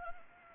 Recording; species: mosquito wingbeat signal from an infrared sensor; Anopheles arabiensis